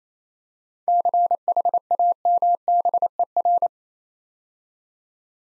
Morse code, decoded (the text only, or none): CHAMBER